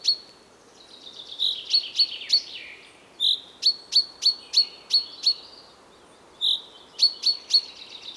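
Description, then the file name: Common chaffinch calls: sharp, bright notes repeated in quick runs, broken by brief pauses. "Fringilla coelebs"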